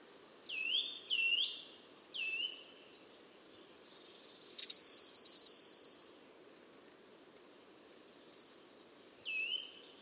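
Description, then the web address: Eurasian blue tit: swooping downslurred whistles, then a bright fast trill near the middle and more soft slurred notes, over steady low background noise. "Deverinetal 2025 File origin Bird Only Cy Ca"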